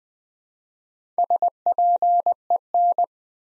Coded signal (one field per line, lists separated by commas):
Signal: Morse code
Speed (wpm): 20 wpm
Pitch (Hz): 700 Hz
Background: none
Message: SPEN